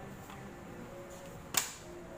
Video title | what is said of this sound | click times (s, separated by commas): UNBOXING LG UHD Monitor 4K - Vlog#5 | nag-click na po, nakalock na po siya. | 1.6 s